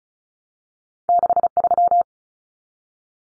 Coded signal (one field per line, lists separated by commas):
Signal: Morse code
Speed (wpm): 34 wpm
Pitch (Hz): 700 Hz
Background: none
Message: 63